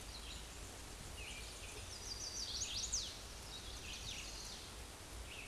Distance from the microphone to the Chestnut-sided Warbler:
about 40 m